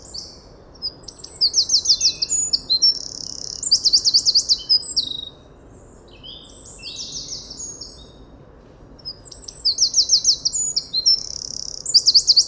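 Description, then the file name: Eurasian wren singing two energetic phrases of shrill, fast-rattling trills mixed with piercing high notes, with a quieter stretch of softer notes between them, light hiss beneath. "Troglodytes troglodytes"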